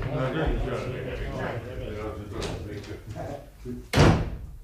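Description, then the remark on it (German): Muffled voices and shuffling, clattering movement as people stomp out, then a single loud, sharp door slam near the end as they slam the door shut, followed by a brief fading rumble. “Sie polterten hinaus, schmissen die Türe zu und gingen ins nächste Wirtshaus”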